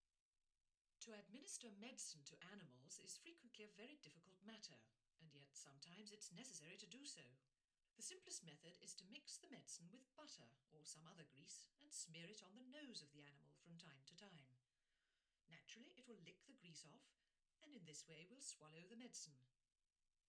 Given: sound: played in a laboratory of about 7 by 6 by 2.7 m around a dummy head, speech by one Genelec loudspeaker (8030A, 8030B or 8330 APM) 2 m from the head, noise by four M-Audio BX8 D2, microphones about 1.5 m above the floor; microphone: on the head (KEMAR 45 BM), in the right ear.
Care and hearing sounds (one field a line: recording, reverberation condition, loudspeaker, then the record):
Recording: female speech in English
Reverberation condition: low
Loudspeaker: 30 degrees to the right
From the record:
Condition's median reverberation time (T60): about 310 ms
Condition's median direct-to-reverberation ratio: about 3.5 dB